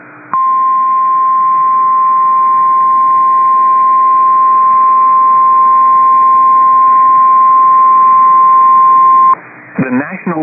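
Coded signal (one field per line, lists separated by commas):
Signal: Emergency Alert System (SAME) tones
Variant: 1050 Hz attention tone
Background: speech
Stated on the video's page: Severe Thunderstorm Warning on the Madison, WI NOAA Weather Radio transmitter.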